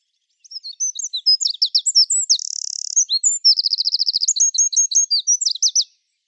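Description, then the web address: Bird song, a fast varied run of high chirps and sweeps, with a steady buzzy trill in the middle and a rapid rattling series after it, about five seconds long. "Deverinetal 2025 File origin Bird Only"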